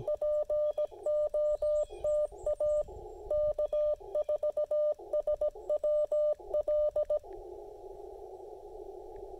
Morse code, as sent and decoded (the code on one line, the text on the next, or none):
.--. --- - .- / -.- ....- ... .-- .-..
POTA K4SWL